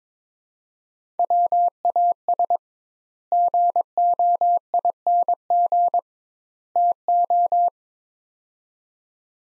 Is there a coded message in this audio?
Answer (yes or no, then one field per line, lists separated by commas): yes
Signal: Morse code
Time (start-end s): 1.2-7.7 s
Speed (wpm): 21 wpm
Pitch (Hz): 700 Hz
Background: none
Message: WAS GOING TO